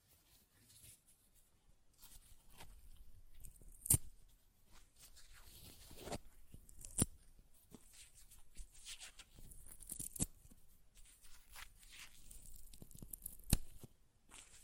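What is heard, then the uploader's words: Paper is ripped and torn in a series of rough, crackling pulls, each a dry rasping burst lasting a second or two. Sharp snaps punctuate the tearing near 4, 7, 10 and 13.5 seconds, with short quiet gaps between strokes. ASMR Paper Ripping Tearing Sounds (No Talking).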